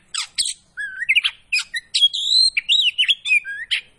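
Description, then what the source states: Oriental magpie-robin song, a rapid mix of high whistles, rising slurred notes and harsh buzzy chirps, broken by short pauses. Kacer poci variety, singing vigorously (gacor).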